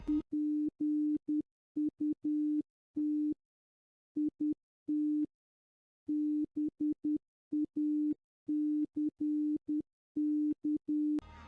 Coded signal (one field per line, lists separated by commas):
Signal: Morse code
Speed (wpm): 10 wpm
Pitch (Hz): 300 Hz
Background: none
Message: PUT IT BACK